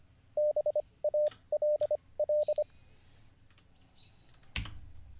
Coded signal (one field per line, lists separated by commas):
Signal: Morse code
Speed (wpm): 25 wpm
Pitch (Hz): 600 Hz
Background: radio noise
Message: BALL